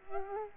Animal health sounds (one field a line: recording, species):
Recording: mosquito wingbeat signal from an infrared sensor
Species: Culex quinquefasciatus